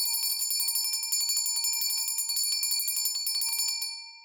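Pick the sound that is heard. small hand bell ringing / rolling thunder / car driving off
small hand bell ringing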